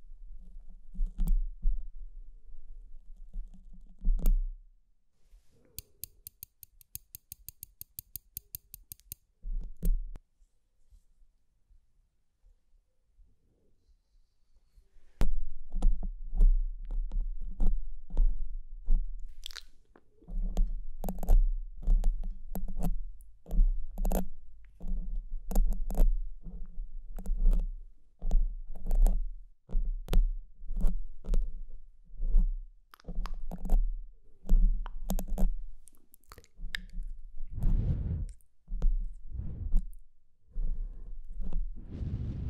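Pinching and scratching sounds come as dense bursts of crisp clicks and rubs over a low hum, with a rapid ticking patch near 6–9 seconds.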